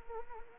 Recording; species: mosquito wingbeat signal from an infrared sensor; Anopheles arabiensis